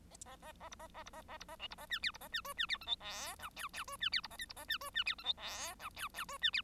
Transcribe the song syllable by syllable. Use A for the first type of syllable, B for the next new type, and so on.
A A A A B A A B A A B A C B A D E B A D F D E G H I J K K F D E B A L B A D F D E G H I J K K F D E